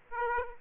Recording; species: mosquito wingbeat signal from an infrared sensor; Aedes aegypti